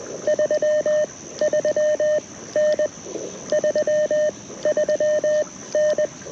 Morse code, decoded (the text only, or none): 33N 33N